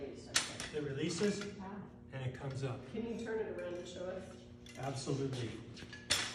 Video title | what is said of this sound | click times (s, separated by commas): Pendaries Stair Chair Video | when you collapse it you lift right here in the center you can hear it unlocked | 0.4 s